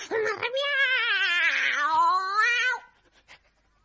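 A cat lets out a single long, drawn-out meow with a wavering, rising-and-falling pitch, loud and alone, followed by a few faint soft clicks.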